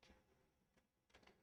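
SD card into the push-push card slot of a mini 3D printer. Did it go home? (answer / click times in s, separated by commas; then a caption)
no / none. An SD card is pushed repeatedly into the spring-lock push-push card slot of a mini 3D printer, giving faint scraping and tapping sounds over a low background. The card never catches, and it has not locked in place.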